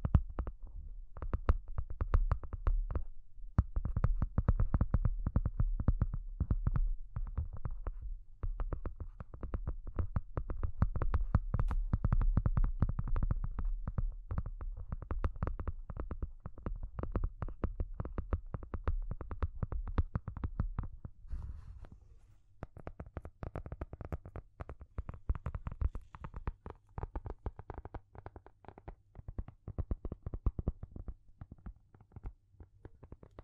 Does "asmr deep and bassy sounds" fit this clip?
yes